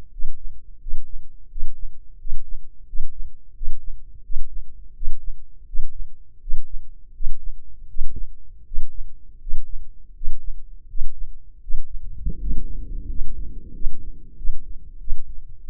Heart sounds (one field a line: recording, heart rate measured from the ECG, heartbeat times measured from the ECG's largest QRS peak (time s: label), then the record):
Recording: heart sounds by microphone in the left ear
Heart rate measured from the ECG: 85 bpm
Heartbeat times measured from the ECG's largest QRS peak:
0.09 s: heartbeat
0.77 s: heartbeat
1.47 s: heartbeat
2.16 s: heartbeat
2.84 s: heartbeat
3.52 s: heartbeat
4.21 s: heartbeat
4.92 s: heartbeat
5.64 s: heartbeat
6.39 s: heartbeat
7.12 s: heartbeat
7.86 s: heartbeat
8.63 s: heartbeat
9.38 s: heartbeat
10.13 s: heartbeat
10.86 s: heartbeat
11.59 s: heartbeat
12.37 s: heartbeat
13.07 s: heartbeat
13.72 s: heartbeat
14.35 s: heartbeat
14.98 s: heartbeat
15.63 s: heartbeat
From the record:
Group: healthy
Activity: breath hold 0-11 s, rest 11-16 s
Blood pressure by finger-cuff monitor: 128/78 mmHg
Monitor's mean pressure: 92 mmHg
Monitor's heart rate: 84 bpm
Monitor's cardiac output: 6.3 L/min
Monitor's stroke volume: 76 mL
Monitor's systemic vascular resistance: 1040 dyn s/cm5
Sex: male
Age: 21 years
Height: 180 cm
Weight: 67.5 kg